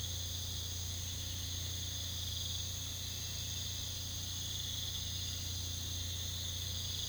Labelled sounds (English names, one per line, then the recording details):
none
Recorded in pastures near Puerto Asís, Putumayo, Colombia, on 18 February 2024 at 05:00
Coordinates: 0.486, -76.323
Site G6462